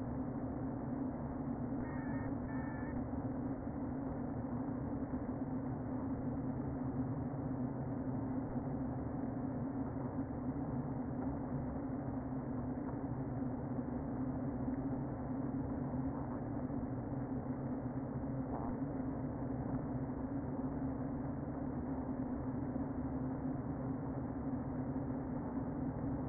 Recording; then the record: honeybee colony, microphone inside the hive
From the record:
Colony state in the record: queen present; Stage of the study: before two queens were removed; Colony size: about 60,000 bees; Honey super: yes